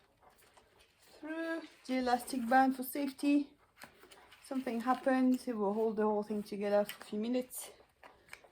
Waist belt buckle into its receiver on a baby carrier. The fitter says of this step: clip, so you can always hear the clear click.